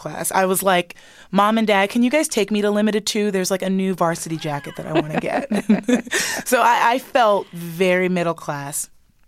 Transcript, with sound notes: I was like mom and dad, can you guys take me to Limited Too? There's, like, a new varsity jacket that I want to get.
(LAUGHTER)
So I felt very middle class.